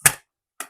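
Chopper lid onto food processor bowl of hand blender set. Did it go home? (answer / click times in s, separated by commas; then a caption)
yes / 0.6 s. A plastic closure lid is twisted onto the chopper bowl of a LINKChef 7-in-1 hand blender set. A broad, loud knock at 0.1 s is followed by silence, then a short, bright click at 0.6 s as the lid locks into place and is seated.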